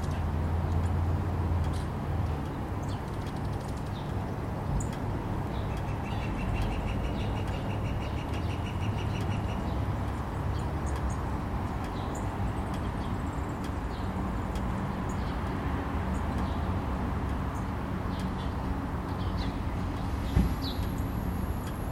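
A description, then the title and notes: A steady outdoor backyard scene dominated by a low, continuous rumble like passing traffic. Faint bird chirps and calls come through now and then, including a short rapid trill around six seconds, with a brief sharp knock near twenty seconds. Recorded in our backyard.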